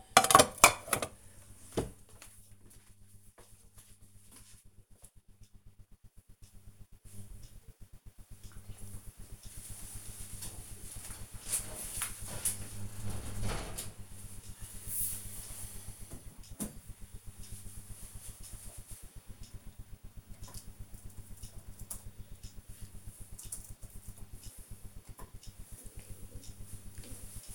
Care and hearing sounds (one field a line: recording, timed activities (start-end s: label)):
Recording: household activities, microphone on the right wrist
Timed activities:
0.00-1.49 s: putting away the dishes
4.60 s: note: voice